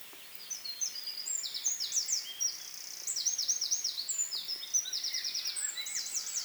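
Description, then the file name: Eurasian wren song, rapid high looping notes and short trills running for several seconds over a steady background hiss. "Troglodytes troglodytes"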